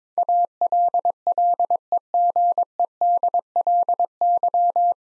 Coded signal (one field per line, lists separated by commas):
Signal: Morse code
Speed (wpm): 23 wpm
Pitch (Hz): 700 Hz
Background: none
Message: ALLEGEDLY